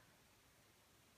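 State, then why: Not seated. A pin is pushed through the frame of a Baby Desert Eagle / Jericho 941 pistol so that a steel spring can drop into its groove. Only a steady, broadband noisy hiss with faint rustling is heard. Nothing has seated or clicked yet.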